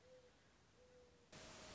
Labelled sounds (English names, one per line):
Mourning Dove